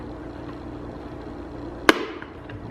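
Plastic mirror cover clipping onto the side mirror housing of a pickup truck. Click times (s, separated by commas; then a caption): 1.9 s. A color-matched plastic mirror cover is pressed onto the side mirror housing of a Toyota Tundra pickup truck over a steady low background hum. A single sharp snap at 1.9 s shows the cover clipping fully into place, followed by two faint ticks at 2.2 s and 2.5 s.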